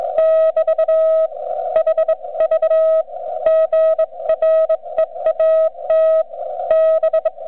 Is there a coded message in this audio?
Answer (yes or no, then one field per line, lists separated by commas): yes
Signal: Morse code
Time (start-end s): 0.2-7.2 s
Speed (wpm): 21 wpm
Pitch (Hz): 640 Hz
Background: none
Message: <BT> HV GREAT D